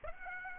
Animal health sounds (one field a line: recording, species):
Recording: mosquito wingbeat signal from an infrared sensor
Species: Aedes aegypti